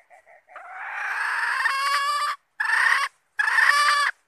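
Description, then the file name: Red junglefowl hen starts with two soft clucks, rises into a long, strained drawn note, then adds two more medium-length calls. Hen (female) calling to find a mate. "tieng ga rung mai keu tim kiem ban tinh"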